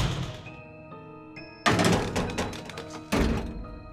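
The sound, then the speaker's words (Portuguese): A door is opened in a Brazilian Portuguese anime dub scene, with a faint tonal creak at first, then two loud, heavy thunks about a second and a half apart, each ringing out briefly. No one speaks. “Eu vou abrir a porta.”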